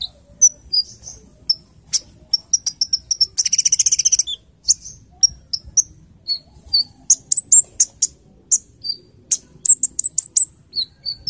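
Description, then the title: Small bird singing thin, high chirps in uneven runs, broken by a fast buzzy rattle in the first half, then more clipped twittering notes. "Burung Kecil 1"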